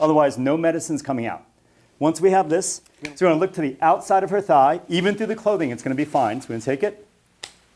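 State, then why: Seated. A trainer epinephrine auto-injector is pressed firmly against the outer thigh through clothing while someone talks. The mechanism triggers with a sharp click at 7.4 seconds, confirming the injector has fired.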